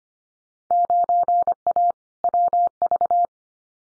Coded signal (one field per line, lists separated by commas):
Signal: Morse code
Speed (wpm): 25 wpm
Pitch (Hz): 700 Hz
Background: none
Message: 9A WV